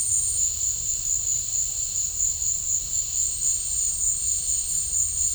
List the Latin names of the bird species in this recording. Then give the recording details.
none. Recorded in pastures near Puerto Asís, Putumayo, Colombia, on 20 December 2024 at 16:00. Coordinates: 0.496, -76.326. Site G004